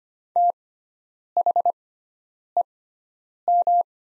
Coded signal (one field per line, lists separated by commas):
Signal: Morse code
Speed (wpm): 25 wpm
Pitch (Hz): 700 Hz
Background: none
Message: THEM